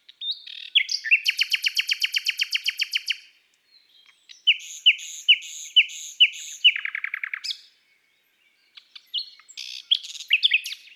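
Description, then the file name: Common nightingale song: a fast trill, a series of rich downslurred notes and a lower buzzy phrase, with short silences between strophes. From an album of bird songs of woods and forests. "Rossignol philomele Chants doiseaux des bois et des forets"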